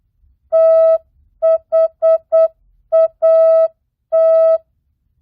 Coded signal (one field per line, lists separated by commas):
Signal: Morse code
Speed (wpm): 8 wpm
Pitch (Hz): 650 Hz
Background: music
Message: THAT